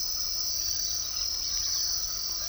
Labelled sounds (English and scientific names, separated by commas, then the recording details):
Speckled Chachalaca (Ortalis guttata), Rusty-margined Flycatcher (Myiozetetes cayanensis)
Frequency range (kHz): Rusty-margined Flycatcher (Myiozetetes cayanensis) 3.1-5.6 kHz
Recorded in secondary vegetation near Puerto Asís, Putumayo, Colombia, on 19 February 2024 at 06:30
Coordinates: 0.500, -76.326
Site G6428